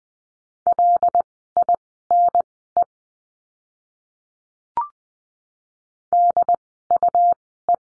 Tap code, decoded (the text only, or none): none